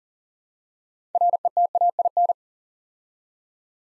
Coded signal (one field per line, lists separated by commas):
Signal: Morse code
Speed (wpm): 38 wpm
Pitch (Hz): 700 Hz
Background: none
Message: RETAIN